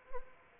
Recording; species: mosquito wingbeat signal from an infrared sensor; Anopheles arabiensis